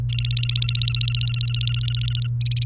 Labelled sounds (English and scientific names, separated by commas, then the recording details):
Domestic Canary (Serinus canaria) song
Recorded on 28 April 2018 at 15:48
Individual llb3